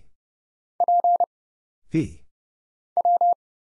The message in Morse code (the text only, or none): P W